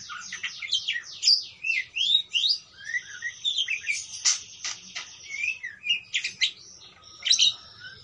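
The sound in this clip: Parakeet chatter of quick squeaky chirps and warbled phrases, loud bursts spaced unevenly over a steady run of softer twittering.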